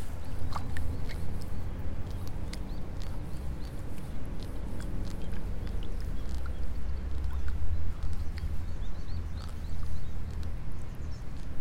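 Seedlings are being pulled one by one from a flooded nursery bed, with small splashes, snaps and clicks coming irregularly every second or so. Underneath runs a steady low hum, like an idling engine, that stays constant throughout.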